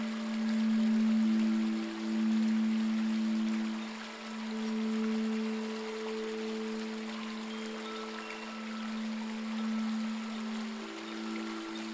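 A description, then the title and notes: Singing bowls hum steadily in low, overlapping tones that swell and fade every few seconds, over a soft trickle of flowing water. Calming vibrations of a singing bowl sound bath and ambient nature sounds.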